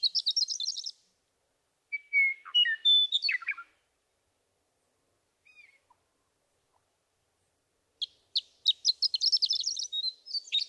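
Western meadowlark: a burst of high notes, then a fluty run of slurred whistles with a bubbling ending, and after a long pause a stuttering burst of high notes running to the end.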